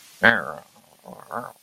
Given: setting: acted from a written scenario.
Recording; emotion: vocal sound without words; contempt